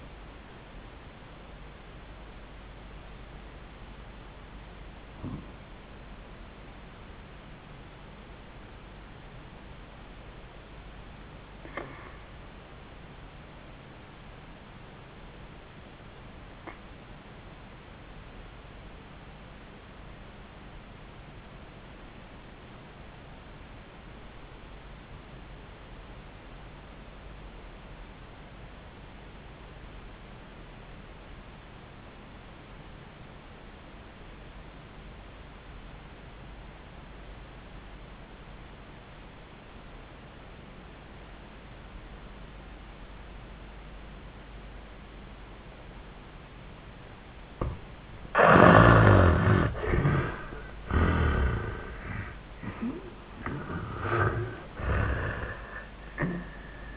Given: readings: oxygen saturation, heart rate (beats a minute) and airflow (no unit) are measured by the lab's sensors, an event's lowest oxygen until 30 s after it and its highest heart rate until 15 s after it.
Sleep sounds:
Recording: breathing in sleep by a voice recorder at the bedside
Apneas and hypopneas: 1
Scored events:
6.00-49.40 s: obstructive apnea (REM, oxygen 98% highest, then 66% lowest, heart rate 88 at the start, 94 highest)
From the record:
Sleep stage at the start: REM sleep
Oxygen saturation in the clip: 73 to 98%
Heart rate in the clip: 64 to 94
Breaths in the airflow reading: 4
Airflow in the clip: -33.7 to 12.5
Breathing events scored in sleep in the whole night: 400 in 8.7 hours asleep

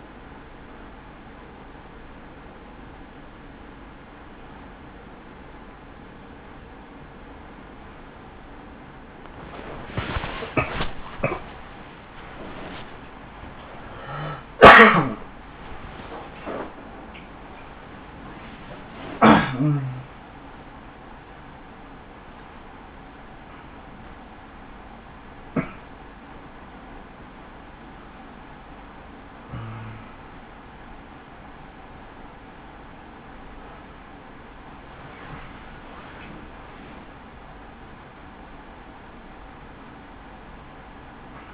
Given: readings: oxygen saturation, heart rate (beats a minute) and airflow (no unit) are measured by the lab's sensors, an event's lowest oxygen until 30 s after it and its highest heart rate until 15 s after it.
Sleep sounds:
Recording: breathing in sleep by a voice recorder at the bedside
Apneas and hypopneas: none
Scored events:
20.00-41.54 s: new sleep stage, N2 (light sleep)
From the record:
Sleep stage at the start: N3 (deep sleep)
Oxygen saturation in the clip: 92 to 95%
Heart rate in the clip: 56 to 107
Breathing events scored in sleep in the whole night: 160 in 9.3 hours asleep

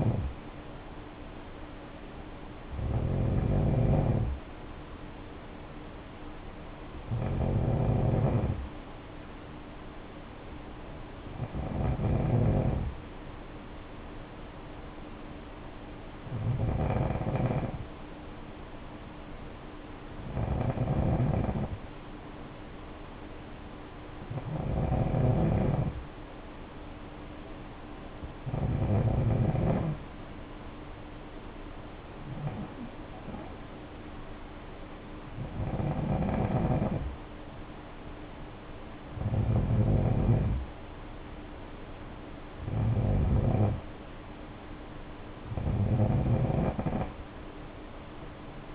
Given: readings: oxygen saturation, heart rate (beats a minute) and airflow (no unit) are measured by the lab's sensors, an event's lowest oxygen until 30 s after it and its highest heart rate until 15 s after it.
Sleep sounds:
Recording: breathing in sleep by a voice recorder at the bedside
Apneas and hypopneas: 1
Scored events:
12.00-28.50 s: hypopnea (N2, oxygen 94% highest, then 91% lowest, heart rate 57 at the start, 60 highest)
From the record:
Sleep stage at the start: N2 (light sleep)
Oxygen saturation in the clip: 86 to 94%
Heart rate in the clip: 55 to 60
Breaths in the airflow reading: 13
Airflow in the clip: -5.9 to 3.9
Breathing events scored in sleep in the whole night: 520 in 7.2 hours asleep

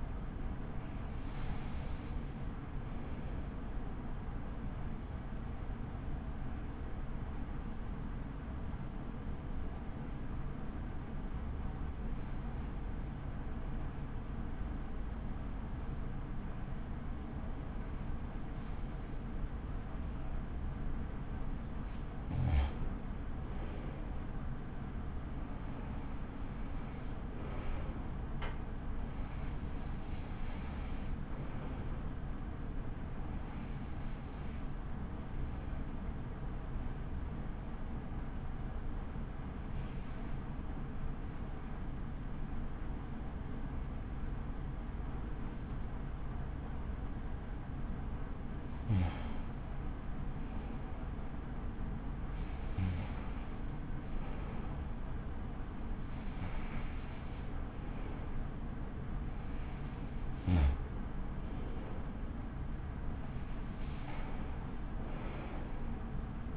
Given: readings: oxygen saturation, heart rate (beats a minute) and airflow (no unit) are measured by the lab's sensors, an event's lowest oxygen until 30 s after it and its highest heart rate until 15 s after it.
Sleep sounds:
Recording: breathing in sleep by a smartphone at the bedside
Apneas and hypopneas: 2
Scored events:
8.00-24.00 s: hypopnea (N2, oxygen 93% highest, then 91% lowest, heart rate 56 at the start, 65 highest)
21.00-66.57 s: new sleep stage, REM sleep
36.00-58.50 s: hypopnea (REM, oxygen 94% highest, then 92% lowest, heart rate 62 at the start, 66 highest)
From the record:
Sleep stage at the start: N2 (light sleep)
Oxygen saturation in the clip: 91 to 95%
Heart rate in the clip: 51 to 66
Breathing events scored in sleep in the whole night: 83 in 6.1 hours asleep

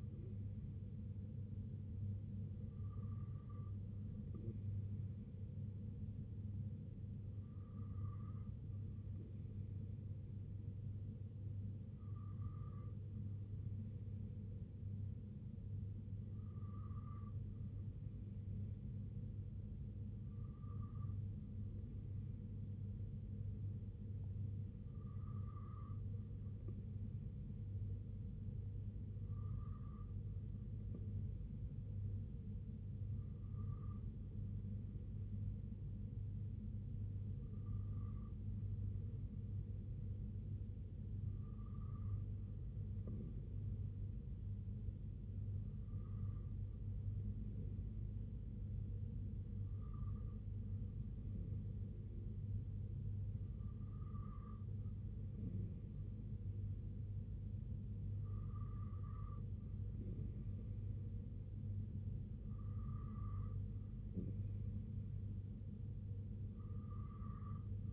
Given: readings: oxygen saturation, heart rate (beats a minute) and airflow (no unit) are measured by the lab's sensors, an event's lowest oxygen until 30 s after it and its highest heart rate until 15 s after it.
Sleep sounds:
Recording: breathing in sleep by a smartphone at the bedside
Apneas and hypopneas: none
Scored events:
none scored
From the record:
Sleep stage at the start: N2 (light sleep)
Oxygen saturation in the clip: 92 to 93%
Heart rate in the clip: 64 to 70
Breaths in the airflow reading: 16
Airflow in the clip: -3.1 to 2.1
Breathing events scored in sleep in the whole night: 258 in 7.4 hours asleep

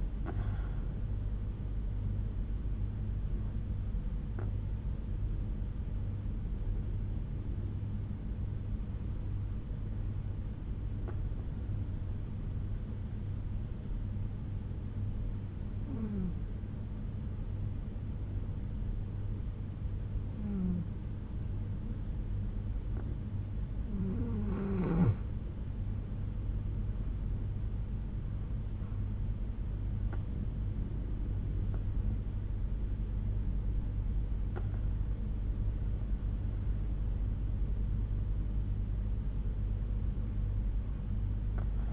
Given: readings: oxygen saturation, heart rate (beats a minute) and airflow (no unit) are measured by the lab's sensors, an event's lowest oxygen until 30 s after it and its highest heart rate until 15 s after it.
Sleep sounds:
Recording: breathing in sleep by a smartphone at the bedside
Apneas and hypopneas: 1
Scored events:
7.00-26.30 s: hypopnea (N2, oxygen 95% highest, then 90% lowest, heart rate 63 at the start, 72 highest)
From the record:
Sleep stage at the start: N2 (light sleep)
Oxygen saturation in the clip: 90 to 95%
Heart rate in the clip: 60 to 72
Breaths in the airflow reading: 8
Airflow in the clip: -5.9 to 6.8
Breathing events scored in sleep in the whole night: 368 in 8.0 hours asleep

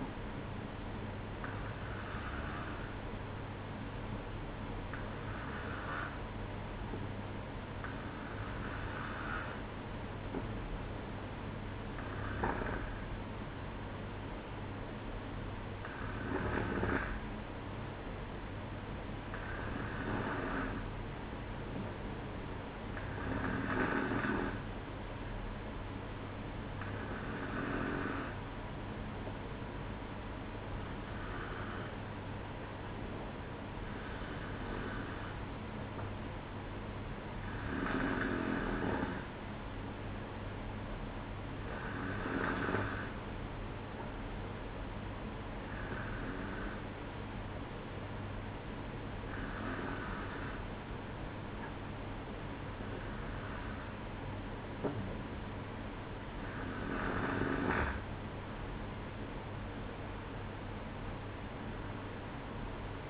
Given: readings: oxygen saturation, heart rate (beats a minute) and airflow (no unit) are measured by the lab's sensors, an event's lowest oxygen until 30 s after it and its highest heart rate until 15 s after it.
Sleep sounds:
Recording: breathing in sleep by a voice recorder at the bedside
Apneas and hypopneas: none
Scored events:
30.00-63.10 s: new sleep stage, N2 (light sleep)
From the record:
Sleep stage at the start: N1 (lightest sleep)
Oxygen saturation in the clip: 92 to 94%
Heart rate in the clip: 60 to 67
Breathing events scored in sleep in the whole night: 305 in 9.6 hours asleep

